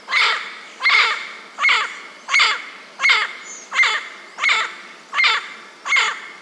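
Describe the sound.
Bird repeating a coarse, scratchy call very evenly, nine calls at roughly three-quarter-second intervals, over a low constant hiss.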